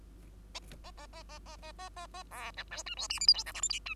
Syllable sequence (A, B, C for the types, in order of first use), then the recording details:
A A A A A A A A A A B C D E F G H I J K L M N E. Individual Bird2